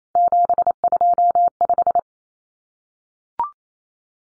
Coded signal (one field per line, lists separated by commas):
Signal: Morse code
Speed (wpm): 28 wpm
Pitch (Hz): 700 Hz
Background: none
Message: 725